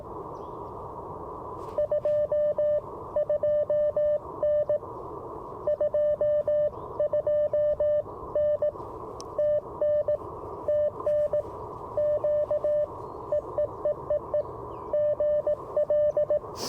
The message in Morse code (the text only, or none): 22N 22N TN TN Q EEEEE GL